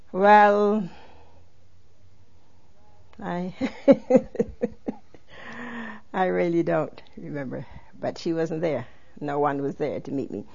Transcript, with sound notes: Well, I... ( she laughs ) I really don't remember, but she wasn't there. No one was there to meet me.